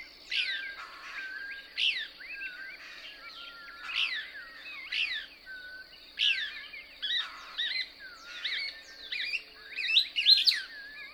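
Couch's Kingbird twittering song, sharp rising and falling buzzy notes in repeated bursts, with a few thin whistled tones between.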